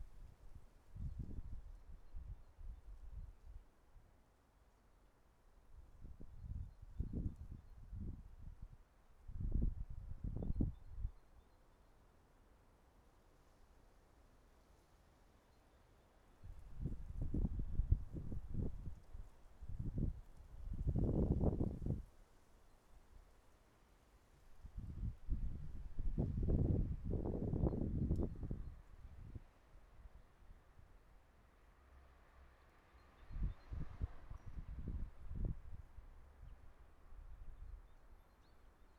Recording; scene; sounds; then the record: everyday scene through a hearing-aid microphone; wind on the microphone; wind, traffic, birds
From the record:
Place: suburban garden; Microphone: behind the ear, right, front